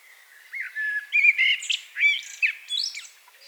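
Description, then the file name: Common blackbird song: one phrase of fluty, rising and falling whistles followed by quicker, higher twittering notes. "Turdus merula"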